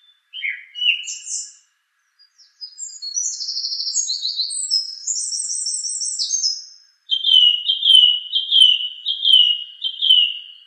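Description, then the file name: Song thrush singing a few brief notes, a run of thin, high scratchy twitters, then a bright whistled phrase repeated rapidly several times. "suara kicauan burung song thrush. omkicau"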